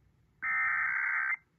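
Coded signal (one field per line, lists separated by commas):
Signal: Emergency Alert System (SAME) tones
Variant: header bursts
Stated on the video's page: Texas Required Monthly Test relayed on AM, FM and TV broadcast stations in Fort Worth, including 820 kHz AM.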